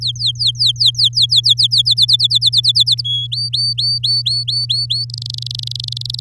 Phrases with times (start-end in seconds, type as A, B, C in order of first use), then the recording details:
0.01-1.82 A, 1.85-3.02 B, 3.04-3.27 C, 3.32-5.05 D, 5.10-6.20 E. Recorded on 9 May 2018 at 13:16. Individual llb16